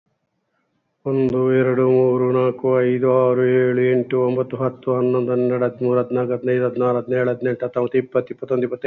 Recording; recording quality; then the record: counting at a fast pace; excellent, no background noise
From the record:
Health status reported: recovered from COVID-19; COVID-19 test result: negative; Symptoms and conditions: cough, fever, hypertension, diabetes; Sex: male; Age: 65 years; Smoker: not ticked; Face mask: not worn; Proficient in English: yes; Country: India